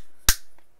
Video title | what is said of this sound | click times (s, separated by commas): NUEVA NAVE WIND RAIDER THE MASTR OF THE UNIVERSE Y LA NAVE VINTAGE #motu | hace dos clicks y estaría | 0.3 s, 0.6 s